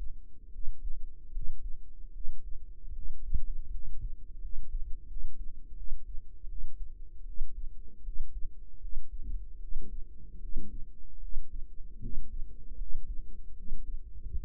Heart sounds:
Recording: heart sounds by microphone in the right ear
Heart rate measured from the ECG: 78 bpm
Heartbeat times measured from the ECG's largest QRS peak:
0.49 s: heartbeat
1.30 s: heartbeat
2.11 s: heartbeat
2.92 s: heartbeat
3.69 s: heartbeat
4.39 s: heartbeat
5.06 s: heartbeat
5.74 s: heartbeat
6.46 s: heartbeat
7.24 s: heartbeat
8.02 s: heartbeat
8.79 s: heartbeat
9.58 s: heartbeat
10.39 s: heartbeat
11.19 s: heartbeat
11.99 s: heartbeat
12.76 s: heartbeat
13.54 s: heartbeat
14.33 s: heartbeat
From the record:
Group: healthy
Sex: female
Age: 19 years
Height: 163 cm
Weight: 48.9 kg

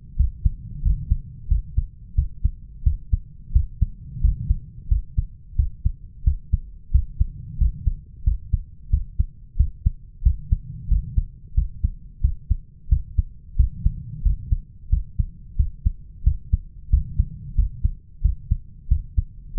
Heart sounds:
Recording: heart sounds by stethoscope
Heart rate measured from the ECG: 90 bpm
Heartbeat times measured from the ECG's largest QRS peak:
0.18 s: heartbeat
0.84 s: heartbeat
1.50 s: heartbeat
2.17 s: heartbeat
2.85 s: heartbeat
3.54 s: heartbeat
4.23 s: heartbeat
4.90 s: heartbeat
5.58 s: heartbeat
6.26 s: heartbeat
6.93 s: heartbeat
7.60 s: heartbeat
8.26 s: heartbeat
8.92 s: heartbeat
9.59 s: heartbeat
10.25 s: heartbeat
10.90 s: heartbeat
11.56 s: heartbeat
12.23 s: heartbeat
12.91 s: heartbeat
13.58 s: heartbeat
14.25 s: heartbeat
14.92 s: heartbeat
15.58 s: heartbeat
16.26 s: heartbeat
16.92 s: heartbeat
17.57 s: heartbeat
18.24 s: heartbeat
18.90 s: heartbeat
19.57 s: heartbeat
From the record:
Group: healthy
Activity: rest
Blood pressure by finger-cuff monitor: 141/88 mmHg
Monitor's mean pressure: 106 mmHg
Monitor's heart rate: 90 bpm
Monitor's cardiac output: 7.3 L/min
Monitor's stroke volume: 80 mL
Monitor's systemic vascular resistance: 1090 dyn s/cm5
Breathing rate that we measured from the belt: 18 breaths a minute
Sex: male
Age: 21 years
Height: 175 cm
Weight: 72.6 kg

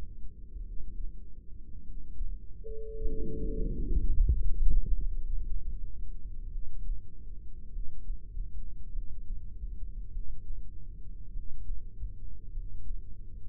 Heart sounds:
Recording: heart sounds by microphone in the right ear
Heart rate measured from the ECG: 51 bpm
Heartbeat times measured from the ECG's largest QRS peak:
0.61 s: heartbeat
1.81 s: heartbeat
3.01 s: heartbeat
4.20 s: heartbeat
5.15 s: heartbeat
6.48 s: heartbeat
7.68 s: heartbeat
8.89 s: heartbeat
10.09 s: heartbeat
11.29 s: heartbeat
12.49 s: heartbeat
From the record:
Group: heart failure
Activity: rest 0-5 s, breath hold 5-14 s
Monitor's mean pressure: 41 mmHg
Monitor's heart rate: 50 bpm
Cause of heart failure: dilated cardiomyopathy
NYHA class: 3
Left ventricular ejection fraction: 27%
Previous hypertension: present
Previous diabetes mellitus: present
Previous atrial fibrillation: present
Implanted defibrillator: present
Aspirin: present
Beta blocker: bisoprolol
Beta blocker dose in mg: 1.25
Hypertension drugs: sacubitril-valsartan, spironolactone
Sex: female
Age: 39 years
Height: 170 cm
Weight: 64 kg

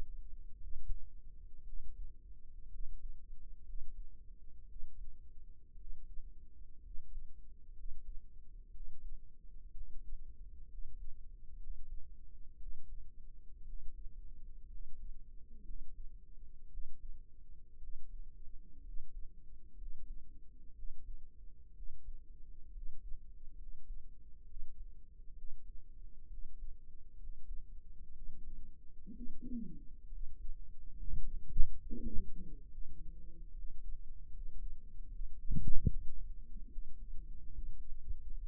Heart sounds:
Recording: heart sounds by microphone in the right ear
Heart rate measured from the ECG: 64 bpm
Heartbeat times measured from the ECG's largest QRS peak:
0.59 s: heartbeat
1.63 s: heartbeat
2.69 s: heartbeat
3.63 s: heartbeat
4.66 s: heartbeat
5.76 s: heartbeat
6.81 s: heartbeat
7.73 s: heartbeat
8.71 s: heartbeat
9.71 s: heartbeat
10.68 s: heartbeat
11.57 s: heartbeat
12.57 s: heartbeat
13.64 s: heartbeat
14.68 s: heartbeat
15.63 s: heartbeat
16.68 s: heartbeat
17.78 s: heartbeat
18.82 s: heartbeat
19.75 s: heartbeat
20.73 s: heartbeat
21.73 s: heartbeat
22.71 s: heartbeat
23.56 s: heartbeat
24.45 s: heartbeat
25.34 s: heartbeat
26.28 s: heartbeat
27.17 s: heartbeat
28.12 s: heartbeat
29.12 s: heartbeat
30.09 s: heartbeat
30.93 s: heartbeat
31.81 s: heartbeat
32.68 s: heartbeat
33.52 s: heartbeat
34.31 s: heartbeat
35.09 s: heartbeat
35.88 s: heartbeat
36.68 s: heartbeat
37.50 s: heartbeat
38.35 s: heartbeat
From the record:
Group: healthy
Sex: male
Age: 22 years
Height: 181 cm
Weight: 79 kg

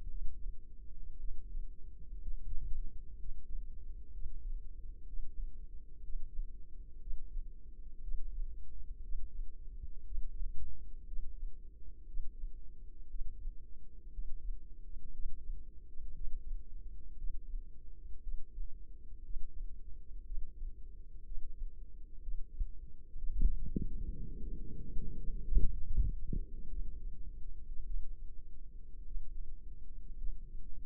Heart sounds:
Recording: heart sounds by microphone in the left ear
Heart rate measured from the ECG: 60 bpm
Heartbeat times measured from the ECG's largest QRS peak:
0.09 s: heartbeat
1.18 s: heartbeat
2.20 s: heartbeat
3.18 s: heartbeat
4.12 s: heartbeat
5.06 s: heartbeat
6.02 s: heartbeat
7.00 s: heartbeat
8.01 s: heartbeat
9.02 s: heartbeat
10.05 s: heartbeat
11.06 s: heartbeat
12.07 s: heartbeat
13.08 s: heartbeat
14.12 s: heartbeat
15.12 s: heartbeat
16.14 s: heartbeat
17.17 s: heartbeat
18.21 s: heartbeat
19.23 s: heartbeat
20.24 s: heartbeat
21.24 s: heartbeat
22.21 s: heartbeat
23.17 s: heartbeat
24.11 s: heartbeat
25.01 s: heartbeat
25.86 s: heartbeat
26.70 s: heartbeat
27.85 s: heartbeat
29.06 s: heartbeat
30.18 s: heartbeat
From the record:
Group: healthy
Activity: breath hold 0-23 s, rest 23-31 s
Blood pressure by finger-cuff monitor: 92/59 mmHg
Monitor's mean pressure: 68 mmHg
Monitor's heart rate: 59 bpm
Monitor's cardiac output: 4.7 L/min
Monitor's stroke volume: 77 mL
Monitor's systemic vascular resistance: 1050 dyn s/cm5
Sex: female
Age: 28 years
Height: 170 cm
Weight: 77 kg

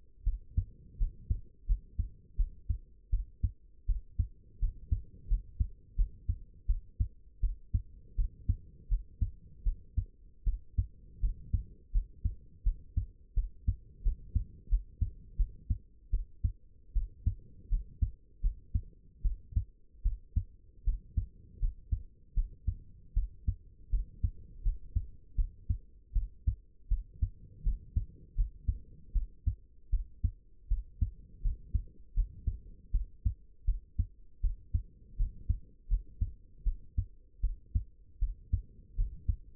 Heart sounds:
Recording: heart sounds by stethoscope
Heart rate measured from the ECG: 81 bpm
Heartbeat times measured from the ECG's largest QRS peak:
0.24 s: heartbeat
0.98 s: heartbeat
1.67 s: heartbeat
2.37 s: heartbeat
3.11 s: heartbeat
3.87 s: heartbeat
4.60 s: heartbeat
5.28 s: heartbeat
5.96 s: heartbeat
6.67 s: heartbeat
7.41 s: heartbeat
8.16 s: heartbeat
8.89 s: heartbeat
9.64 s: heartbeat
10.45 s: heartbeat
11.21 s: heartbeat
11.92 s: heartbeat
12.64 s: heartbeat
13.35 s: heartbeat
14.03 s: heartbeat
14.69 s: heartbeat
15.37 s: heartbeat
16.11 s: heartbeat
16.94 s: heartbeat
17.69 s: heartbeat
18.42 s: heartbeat
19.23 s: heartbeat
20.03 s: heartbeat
20.85 s: heartbeat
21.60 s: heartbeat
22.35 s: heartbeat
23.14 s: heartbeat
23.91 s: heartbeat
24.63 s: heartbeat
25.36 s: heartbeat
26.13 s: heartbeat
26.89 s: heartbeat
27.64 s: heartbeat
28.36 s: heartbeat
29.13 s: heartbeat
29.91 s: heartbeat
30.69 s: heartbeat
31.42 s: heartbeat
32.14 s: heartbeat
32.92 s: heartbeat
33.65 s: heartbeat
34.41 s: heartbeat
35.17 s: heartbeat
35.88 s: heartbeat
36.64 s: heartbeat
37.41 s: heartbeat
38.20 s: heartbeat
38.96 s: heartbeat
From the record:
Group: healthy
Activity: cold pressor test 0-20 s, rest 20-40 s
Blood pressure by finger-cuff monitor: 75/39 mmHg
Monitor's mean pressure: 53 mmHg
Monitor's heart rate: 81 bpm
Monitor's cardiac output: 8.4 L/min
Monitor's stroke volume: 104 mL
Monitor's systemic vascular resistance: 430 dyn s/cm5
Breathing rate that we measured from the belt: 17 breaths a minute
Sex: female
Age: 22 years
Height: 161 cm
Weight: 65.5 kg

